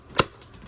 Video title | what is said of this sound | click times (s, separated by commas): Eureka Ultra Whirlwind Lightspeed Goodwill Find (Before Refurb) | See how it clicks into place? | 0.2 s